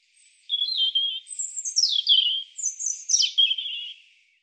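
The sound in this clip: European robin song: a single phrase of thin, high warbling notes with quick sliding whistles and trills, rising and falling between notes; no other sounds.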